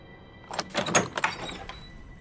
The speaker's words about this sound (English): The door to my house burst open.